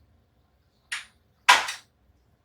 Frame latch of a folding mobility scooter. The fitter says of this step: you hear the click you'll know that the scooter has been